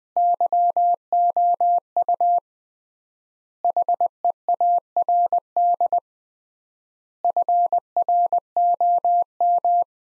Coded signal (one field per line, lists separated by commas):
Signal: Morse code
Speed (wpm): 20 wpm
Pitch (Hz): 700 Hz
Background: none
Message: YOU HEARD FROM